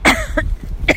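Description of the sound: A short, sharp cough from an adult in a small room: an abrupt burst at the start, a brief voiced catch, then a second burst within about a second. An ordinary single cough bout occurring during speech, with no wheeze or stridor audible.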